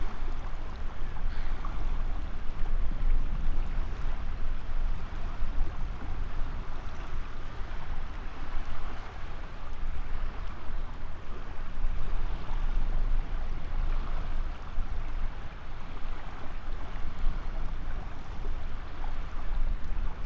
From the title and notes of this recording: Estuary bleak passing ship. This is the very last segment of an amazing overnight recording the Lento box captured several years ago from the seawall just east of Burnham-on-Crouch.